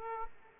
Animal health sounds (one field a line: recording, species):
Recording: mosquito wingbeat signal from an infrared sensor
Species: Aedes aegypti